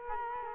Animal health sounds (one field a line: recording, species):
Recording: mosquito wingbeat signal from an infrared sensor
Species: Culex quinquefasciatus